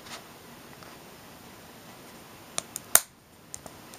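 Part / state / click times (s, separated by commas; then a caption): action figure leg into hip joint / not seated / none. Plastic legs of a Flash action figure are pushed into its hip connectors, giving a few sharp plastic clicks and taps around 2.6, 2.8, 3.0 and 3.5 seconds over quiet background noise. One leg does not snap into the hip joint and a small piece breaks, so nothing has seated or clicked yet.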